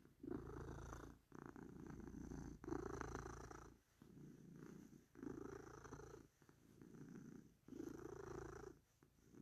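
Cat purring, a low rumbling purr in several even cycles with brief quiet gaps between them.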